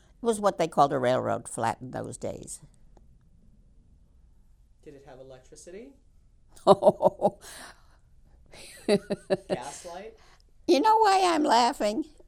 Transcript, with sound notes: It was what they called a railroad flat in those days.
Did it have electricity?
No. ( she laughs )
Gas light?
Do you know why I'm laughing?